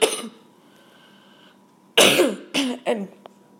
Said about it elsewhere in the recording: Hack and cough like this. Feel all that phlegm in my chest break up. It's starting to come out of me. This horrible bronchial condition.